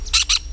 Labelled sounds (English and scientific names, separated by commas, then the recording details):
Brown-throated Parakeet (Eupsittula pertinax) contact call
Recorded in Venezuela
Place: Tumeremo, Edo. Bolivar; Camino de tierra entre el Frio y el fundo Atenas. Fundo San Ramon
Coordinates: 7.414, -61.558